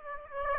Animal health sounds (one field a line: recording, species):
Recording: mosquito wingbeat signal from an infrared sensor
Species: Aedes aegypti